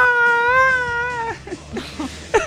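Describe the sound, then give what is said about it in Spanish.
A fish in a film, used by a man as a car's siren, gives a single wailing, siren-like cry that holds a wavering high pitch for over a second, swelling slightly before breaking off, followed by quieter scattered scuffs and clicks. “Bueno, en todo caso, coge el tío al pez y le pone como sirena y el pez hace...”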